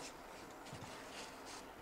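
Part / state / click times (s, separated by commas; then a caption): car seat belt tongue into the vehicle buckle / not seated / none. While installing a Recaro Guardia infant car seat, the vehicle seat belt's metal tongue is handled on its way into the buckle, producing soft, steady rubbing and scraping with no sharp hits. Nothing has seated or clicked yet.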